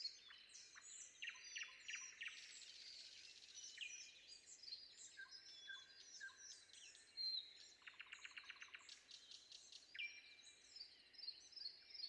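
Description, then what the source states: Common nightingale song of clipped notes and scratchy phrases, including a fast rattling series near the middle. Recorded before dawn.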